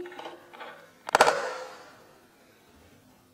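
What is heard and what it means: A magnetic power cable connector is attached a second time to the power port of an Apple iMac 24" (2021) all-in-one computer, with soft music in the background. A sharp snap rings out at 1.2 s as the connector pulls itself in and seats, then the sound fades back to quiet.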